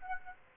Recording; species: mosquito wingbeat signal from an infrared sensor; Aedes aegypti